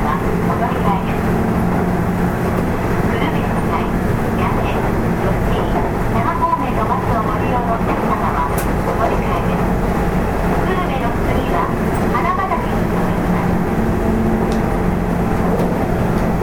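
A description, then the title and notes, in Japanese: A Nishitetsu 8000 series train runs along with a steady, heavy low rumble that holds an even loudness throughout. A faint whine hums above it, murmuring voices drift through the middle, and brief sharp clicks stand out near 8 and 12 seconds. 西日本鉄道 8000系の走行音です。特急大牟田行きにて録音。区間は二日市から久留米までです。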